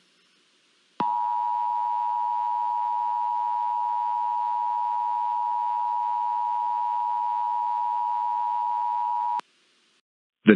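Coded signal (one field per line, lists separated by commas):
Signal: Emergency Alert System (SAME) tones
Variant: 853 and 960 Hz attention tone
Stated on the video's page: Fictional EAS scenario, a simulated fire storm alert.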